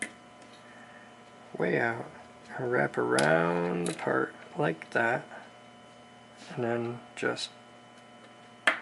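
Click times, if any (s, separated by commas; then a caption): 8.7 s. A plastic clip-on part is wrapped around the rotor head assembly of a Nano CPx RC helicopter during a CNC upgrade while someone talks over a low steady hum. The part is pressed until it snaps into place with a sharp click at 8.7 s, and it is seated.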